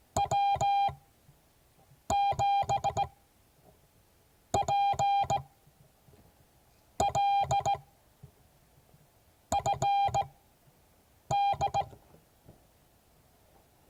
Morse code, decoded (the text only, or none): W7PL FD